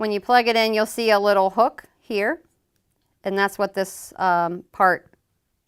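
A battery lead connector with a small plastic hook is handled next to the matching charger lead connector while someone talks. Nothing has seated or clicked yet.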